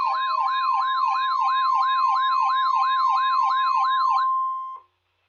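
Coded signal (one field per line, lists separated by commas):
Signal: Emergency Alert System (SAME) tones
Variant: 1050 Hz attention tone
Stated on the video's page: Required Weekly Test transmitted by NOAA Weather Radio station KEC60 Milwaukee, Wisconsin.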